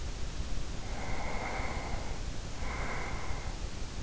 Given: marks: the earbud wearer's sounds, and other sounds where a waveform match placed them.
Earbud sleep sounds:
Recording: sounds in sleep by an in-ear microphone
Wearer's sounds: breath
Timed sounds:
0.74-3.89 s: breath

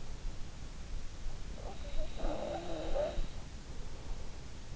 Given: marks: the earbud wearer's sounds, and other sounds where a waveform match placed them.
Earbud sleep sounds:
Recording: sounds in sleep by an in-ear microphone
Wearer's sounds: breath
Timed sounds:
1.72-3.60 s: breath

